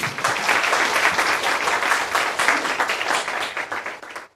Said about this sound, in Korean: 예. 네, 반갑습니다. 서로 반갑다고 박수 칠까요?